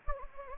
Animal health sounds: mosquito wingbeat signal from an infrared sensor; Anopheles gambiae

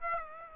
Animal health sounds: mosquito wingbeat signal from an infrared sensor; Aedes aegypti

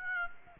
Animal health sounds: mosquito wingbeat signal from an infrared sensor; Aedes aegypti

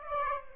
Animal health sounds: mosquito wingbeat signal from an infrared sensor; Aedes aegypti

